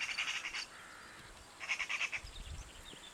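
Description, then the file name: Eurasian magpie giving two short, harsh rattling chatter bursts, each a quick run of clicks. "Pica pica"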